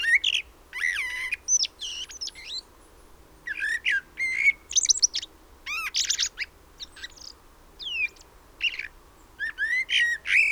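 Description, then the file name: Common blackbird uttering loud, bright chirps and downslurred whistles in quick sequences, with short silences between bursts. "Turdus merula"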